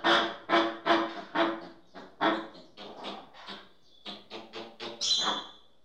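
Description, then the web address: American flamingo calls: a quick series of short gabbling honks, then softer grunts, then a louder, higher squawk near the end. "bird flamingo american flamingo calls animal"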